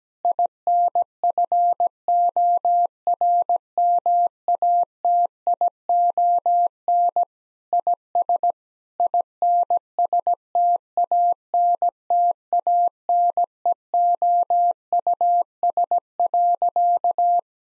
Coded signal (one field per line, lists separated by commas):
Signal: Morse code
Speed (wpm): 17 wpm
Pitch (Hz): 700 Hz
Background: none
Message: INFORMATION IS INSTANTANEOUS.